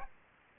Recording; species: mosquito wingbeat signal from an infrared sensor; Aedes albopictus